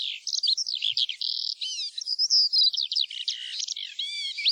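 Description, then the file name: Eurasian skylark song with quick high twitters, brief whistled slurs and buzzy trills running together continuously. "ALLODOLA"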